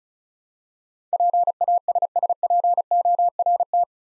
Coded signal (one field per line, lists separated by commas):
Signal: Morse code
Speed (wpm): 34 wpm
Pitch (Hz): 700 Hz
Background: none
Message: PASSPORT